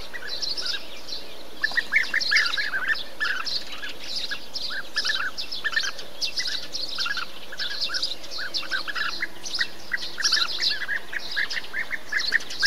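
Bee-eater calls: a dense run of short, burry notes in quick succession, several birds calling together.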